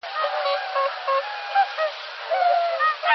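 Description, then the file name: Whooper swan calls: repeated nasal honking notes from several birds, overlapping irregularly against a broad background rush. "ohaku"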